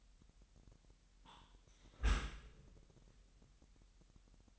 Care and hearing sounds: daily activity, microphone in the room; close dishwasher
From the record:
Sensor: 3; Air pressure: 998.3 hPa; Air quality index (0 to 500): 149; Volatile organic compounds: 5 ppm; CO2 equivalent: 1789 ppm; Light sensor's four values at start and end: 13/39/16/14 and 13/39/16/14

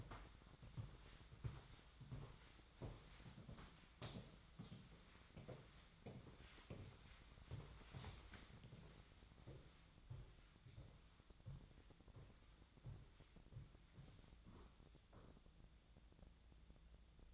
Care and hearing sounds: daily activity, microphone in the room; walk to room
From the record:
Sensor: 3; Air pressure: 1010.1 hPa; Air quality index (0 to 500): 182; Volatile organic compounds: 13 ppm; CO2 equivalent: 2380 ppm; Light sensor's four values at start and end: 39/94/41/45 and 44/108/47/50

